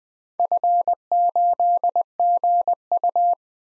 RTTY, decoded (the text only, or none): none